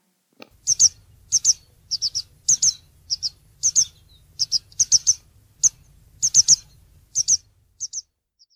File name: Ballerina Gialla